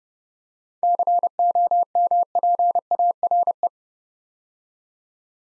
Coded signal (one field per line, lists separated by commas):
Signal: Morse code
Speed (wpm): 30 wpm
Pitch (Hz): 700 Hz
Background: none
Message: COMPARE